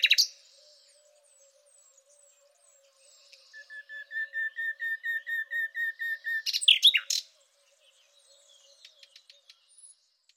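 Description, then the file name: Thrush nightingale song: a loud opening note, then a steady run of pure whistled notes repeated rapidly, ending in a harsh burst and scattered soft clicks. "rossignol philomele"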